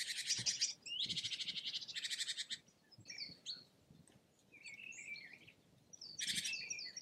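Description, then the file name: Bird song opening with three dense buzzy bursts, then scattered high chirps and warbled notes, and ending with another buzzy burst over faint low rumbling. "ptaki"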